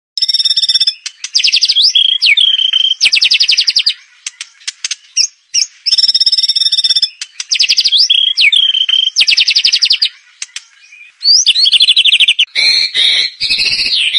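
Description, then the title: White-rumped shama song: loud, dense, varied phrases mixing high whistles, chattering rattles and quick sweeps, with similar phrases returning every few seconds. Lure recording meant to make a shama sing and respond; bird described as singing persistently (gacor). "PANCINGAN MURAI BATU GACOR"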